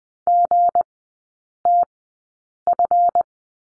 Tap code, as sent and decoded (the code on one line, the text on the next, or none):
none